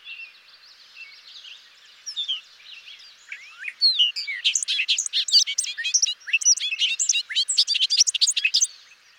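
Bobolink song: softer warbling builds into a long, energetic run of tinkling, jangling, bubbling notes lasting about five seconds.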